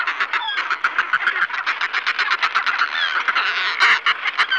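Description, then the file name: Northern fulmar's throaty, rattling cackle, fast rough pulses running continuously with slight overlapping, uneven bursts throughout. "Burnak ledni Fulmarus glacialis"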